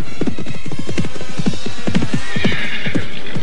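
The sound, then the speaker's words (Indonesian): Six riders spur their horses on fast: a steady drumming of galloping hoofbeats, joined by a high, wavering neigh toward the end. No voices are heard. “Ke-6 penunggang kuda itu berusaha memacu kuda mereka dengan cepat.”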